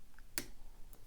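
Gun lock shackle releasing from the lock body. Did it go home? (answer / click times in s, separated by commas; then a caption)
released / 0.4 s. A Beretta gun lock, picked with a tension tool and a standard hook, releases its shackle from the lock body with a single sharp, bright click at 0.4 s, and the lock is open. Fainter small ticks come at about 0.2 s, 0.9 s and 1.1 s.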